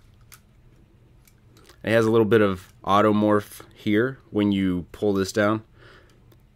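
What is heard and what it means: A sliding plastic panel on a Transformers: Revenge of the Fallen Voyager Bludgeon tank-robot action figure is pushed down during transformation, and it is hard to lock. It clicks into place at 0.3 s, followed by a few faint clicks and then someone talking. The panel is seated and locked.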